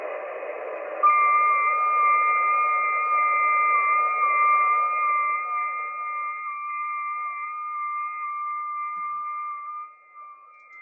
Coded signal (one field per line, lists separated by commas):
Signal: FT8